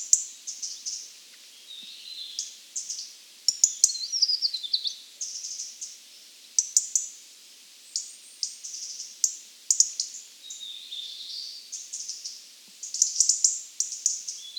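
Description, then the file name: European robin song, high thin warbling phrases with sliding notes and sharp ticks, delivered in short bursts separated by brief pauses throughout. "Erithacus rubecula"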